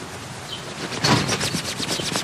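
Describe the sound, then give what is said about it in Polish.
Paper money being handled: a dense run of crisp, dry crinkles and quick papery snaps, starting softly and growing louder and busier in the second half, with no voices. “A teraz to będzie chyba bardzo trudne. Papierowe pieniądze.”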